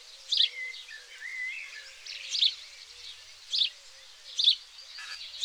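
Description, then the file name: House sparrow chirps: a few short, bright notes repeated every one to two seconds. "Passer domesticus"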